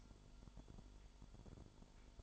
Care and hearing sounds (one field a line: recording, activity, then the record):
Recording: daily activity, microphone in the room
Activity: light off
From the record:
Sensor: 5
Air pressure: 1008.0 hPa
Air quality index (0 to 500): 100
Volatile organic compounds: 1 ppm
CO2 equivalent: 781 ppm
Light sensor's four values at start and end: 35/82/34/34 and 35/80/33/33